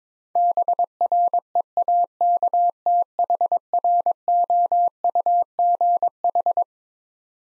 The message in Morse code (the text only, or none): BREAKTHROUGH